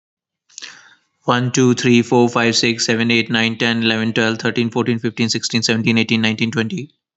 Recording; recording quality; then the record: counting at a fast pace; excellent, no background noise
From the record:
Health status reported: healthy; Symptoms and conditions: none ticked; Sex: male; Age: 33 years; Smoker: not ticked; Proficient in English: yes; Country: India